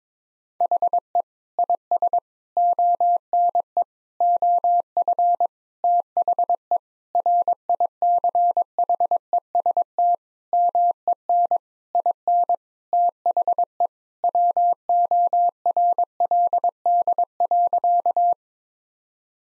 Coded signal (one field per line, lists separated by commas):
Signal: Morse code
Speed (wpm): 22 wpm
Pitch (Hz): 700 Hz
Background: none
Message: HE IS ONE OF THE RICHEST MEN IN THE WORLD.